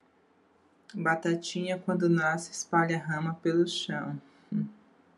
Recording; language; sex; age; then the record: short text; Brazilian Portuguese; female; 30 to 39 years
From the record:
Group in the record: control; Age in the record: 36 years